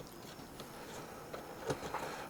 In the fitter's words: and we push down until we hear two clicks